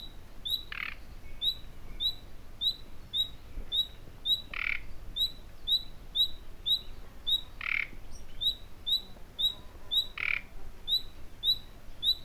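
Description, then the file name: Common nightingale calling: a steady series of brief, high, whistled notes roughly twice a second, broken by four short rasping bursts. "Luscinia megarhynchos"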